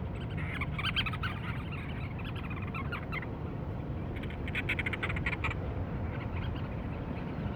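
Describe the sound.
Cape Verde storm petrel calls in two short bursts of fast, stuttering pulsed notes, the first near the start and the second later, against constant low roaring noise.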